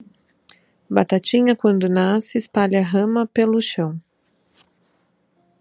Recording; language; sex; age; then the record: short text; Brazilian Portuguese; female; 30 to 39 years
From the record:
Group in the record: control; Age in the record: 34 years